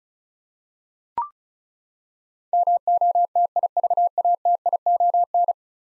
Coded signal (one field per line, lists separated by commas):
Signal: Morse code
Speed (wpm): 36 wpm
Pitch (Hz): 700 Hz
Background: none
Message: MOTIVATION